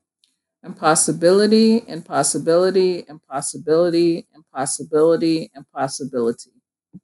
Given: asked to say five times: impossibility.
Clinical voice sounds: repeated word; female; 30 to 39 years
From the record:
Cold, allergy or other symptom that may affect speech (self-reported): no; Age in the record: 36 years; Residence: Georgia, United States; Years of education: 16

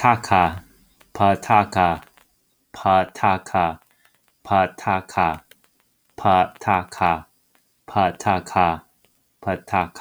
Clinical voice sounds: repeated syllables /pa ta ka/; male; 30 to 39 years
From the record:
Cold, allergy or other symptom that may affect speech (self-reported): no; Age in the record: 31 years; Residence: New York, United States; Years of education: 20

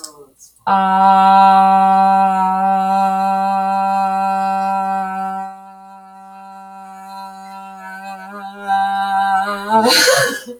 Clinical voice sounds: vowel held as long as possible; male; 30 to 39 years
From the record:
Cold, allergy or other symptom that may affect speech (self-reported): no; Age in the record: 32 years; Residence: Washington, United States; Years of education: 16

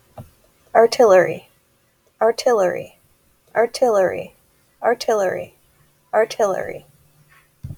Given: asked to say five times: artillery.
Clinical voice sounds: repeated word; female; 20 to 29 years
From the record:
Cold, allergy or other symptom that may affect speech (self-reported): no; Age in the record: 29 years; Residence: Oregon, United States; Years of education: 16

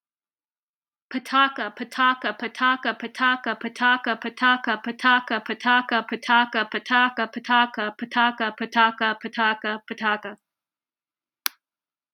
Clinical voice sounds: repeated syllables /pa ta ka/; female; 20 to 29 years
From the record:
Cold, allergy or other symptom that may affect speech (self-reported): no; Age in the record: 29 years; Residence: Washington, United States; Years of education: 15

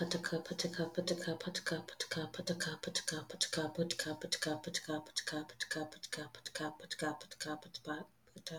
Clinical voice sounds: repeated syllables /pa ta ka/; female; 20 to 29 years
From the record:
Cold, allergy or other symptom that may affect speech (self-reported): no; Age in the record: 20 years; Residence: Florida, United States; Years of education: 14

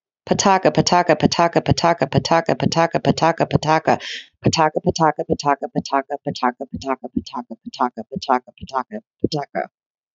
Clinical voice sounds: repeated syllables /pa ta ka/; female; 30 to 39 years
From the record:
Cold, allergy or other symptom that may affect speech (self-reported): no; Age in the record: 38 years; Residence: New York, United States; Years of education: 16

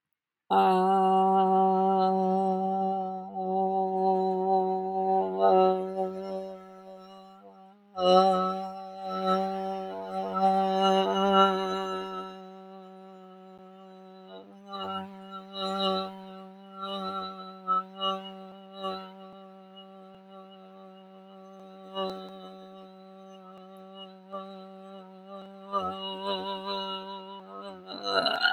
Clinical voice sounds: vowel held as long as possible; female; 60 to 69 years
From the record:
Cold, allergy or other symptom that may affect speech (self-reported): no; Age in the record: 61 years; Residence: Maryland, United States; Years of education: 19

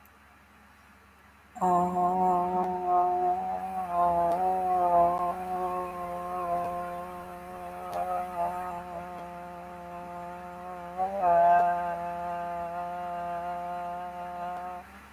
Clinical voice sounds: vowel held as long as possible; female; 30 to 39 years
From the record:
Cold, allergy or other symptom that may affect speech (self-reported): no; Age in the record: 39 years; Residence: United States

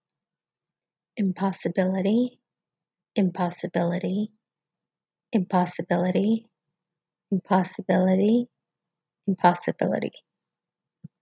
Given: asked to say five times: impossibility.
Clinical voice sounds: repeated word; female; 40 to 49 years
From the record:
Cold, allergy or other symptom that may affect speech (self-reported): no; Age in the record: 41 years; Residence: California, United States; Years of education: 17

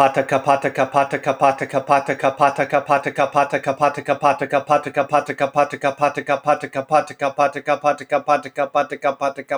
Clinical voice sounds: repeated syllables /pa ta ka/; male; 40 to 49 years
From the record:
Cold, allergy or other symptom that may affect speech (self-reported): no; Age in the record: 43 years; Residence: California, United States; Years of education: 24

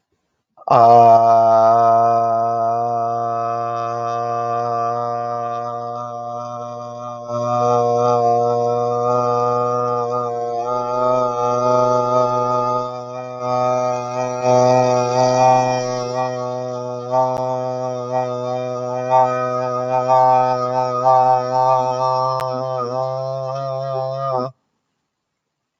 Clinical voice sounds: vowel held as long as possible; male; 30 to 39 years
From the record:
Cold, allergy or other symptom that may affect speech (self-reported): no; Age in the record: 30 years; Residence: Rhode Island, United States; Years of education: 18

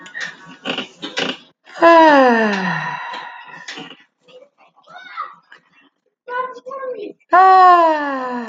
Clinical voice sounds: vowel held as long as possible; female; 30 to 39 years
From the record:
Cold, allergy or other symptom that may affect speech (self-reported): no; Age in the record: 38 years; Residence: Texas, United States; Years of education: 15

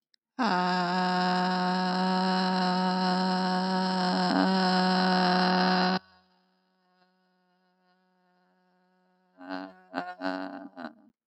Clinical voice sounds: vowel held as long as possible; female; 20 to 29 years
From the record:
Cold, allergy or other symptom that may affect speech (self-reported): no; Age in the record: 24 years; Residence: Colorado, United States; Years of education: 16

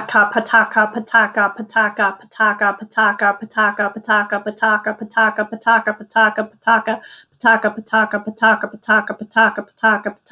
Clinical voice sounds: repeated syllables /pa ta ka/; female; 30 to 39 years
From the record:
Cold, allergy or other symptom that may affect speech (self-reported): no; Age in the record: 35 years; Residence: North Carolina, United States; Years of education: 14

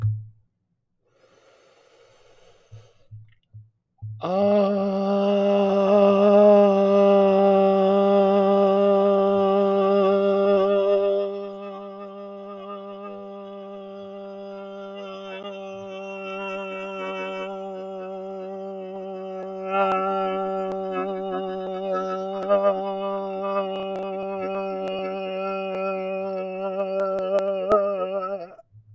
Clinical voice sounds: vowel held as long as possible; male; 30 to 39 years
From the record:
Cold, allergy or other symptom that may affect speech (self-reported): no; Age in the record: 38 years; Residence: Georgia, United States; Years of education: 17

